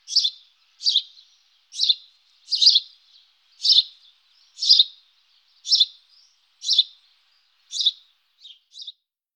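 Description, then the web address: House sparrow chirping, a chirp repeated about once a second in a steady series, ending with two softer notes; no other sounds. "vogelstimmen haussperling"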